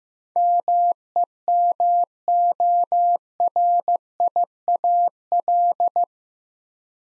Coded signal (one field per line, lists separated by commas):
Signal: Morse code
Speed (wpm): 15 wpm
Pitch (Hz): 700 Hz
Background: none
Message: MEMORIAL